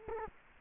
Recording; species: mosquito wingbeat signal from an infrared sensor; Culex quinquefasciatus